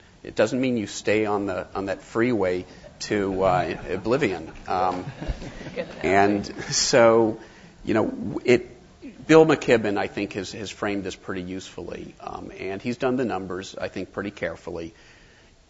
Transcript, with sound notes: It doesn't mean you stay on that freeway to oblivion. [Laughter] And so, you know, Bill McKibben, I think, has framed this pretty usefully and he's done the numbers, I think, pretty carefully.